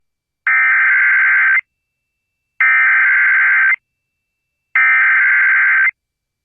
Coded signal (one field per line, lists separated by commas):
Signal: Emergency Alert System (SAME) tones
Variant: header bursts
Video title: Virtual EAS Tornado Warning in Ohio